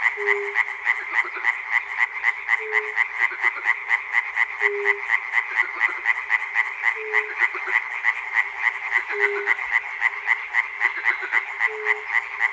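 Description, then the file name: Frogs calling in a dense chorus of rapid, rattling croaks, about four per second, with a lower, short tonal note recurring about every two seconds. Frogs at Chernobyl. "peter cusack-chernobyl frogs"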